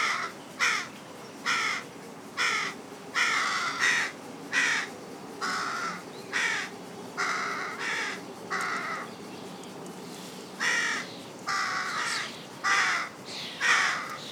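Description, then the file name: Carrion crow giving a long run of harsh caws, many in quick succession with a short pause partway through. "Corvus corone"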